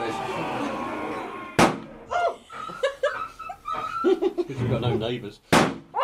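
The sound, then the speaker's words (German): In a Sherlock Holmes radio drama, the butler Perkins shoots the Hound of the Baskervilles outside on the terrace: two loud, sharp gunshots crack about four seconds apart, each a sudden burst that quickly fades, with voices and laughter-like vocal sounds carrying on between them. “Perkins, der Butler, hat den Hund der Baskervilles erschossen.”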